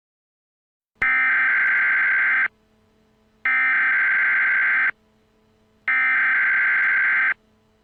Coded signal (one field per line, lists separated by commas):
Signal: Emergency Alert System (SAME) tones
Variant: header bursts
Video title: The Silence Above An EAS Scenario #1